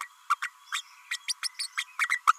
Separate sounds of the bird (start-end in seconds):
0.00-0.08, 0.30-0.35, 0.42-0.50, 0.72-0.81, 1.10-1.19, 1.28-1.33, 1.42-1.48, 1.59-1.67, 1.77-1.85, 1.98-2.09